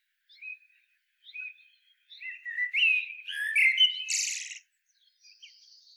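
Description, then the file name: Common blackbird singing: soft scattered fluty notes, then a loud mellow warbled phrase ending in a bright, squeaky high twitter, quiet notes trailing afterward. "Turdus merula"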